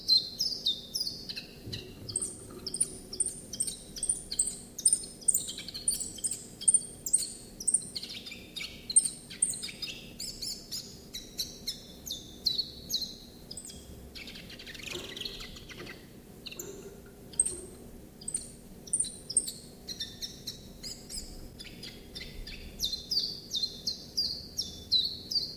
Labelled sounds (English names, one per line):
Common Chiffchaff song